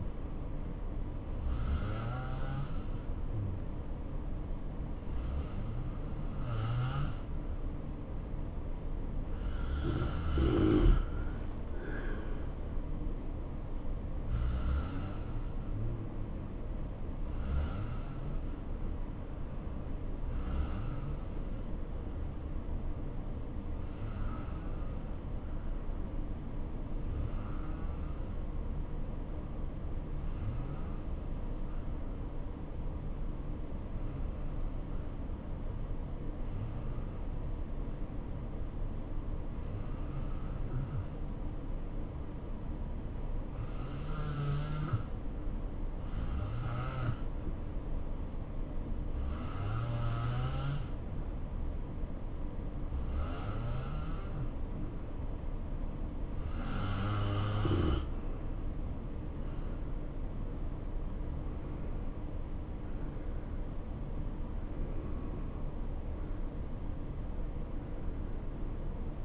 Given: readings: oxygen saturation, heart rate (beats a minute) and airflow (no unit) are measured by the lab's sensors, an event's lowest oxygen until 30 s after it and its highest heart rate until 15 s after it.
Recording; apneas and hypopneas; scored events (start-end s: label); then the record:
breathing in sleep by a smartphone at the bedside; 1
16.00-59.40 s: obstructive apnea (N3, oxygen 92% highest, then 84% lowest, heart rate 66 at the start, 72 highest)
64.00-69.25 s: new sleep stage, N2 (light sleep)
From the record:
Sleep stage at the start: N3 (deep sleep); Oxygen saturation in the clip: 86 to 92%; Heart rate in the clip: 63 to 72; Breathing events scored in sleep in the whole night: 277 in 7.4 hours asleep